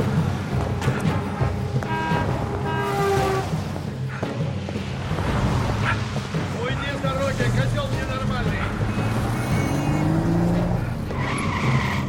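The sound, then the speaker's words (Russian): In a film scene, a car engine roars steadily as the car pulls away, nearly hitting a man blocking its path. Its low rumble stays constant throughout, with rising whining tones and brief tire squeals cutting through the loud, busy mix. “Выбежав на улицу, он видит, как Рита садится в машину.”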